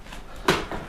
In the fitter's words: which again are really smart and they just slide in and lock into place